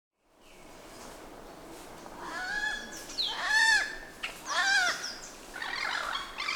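Bird calls: a few loud, arched notes with rich harmonics, starting after about two seconds, over a steady background hiss.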